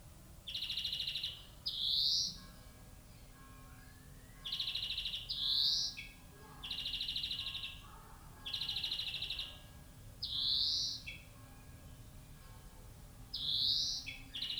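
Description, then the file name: European greenfinch alternating buzzy trills with short rising notes, repeated throughout. "Chloris chloris"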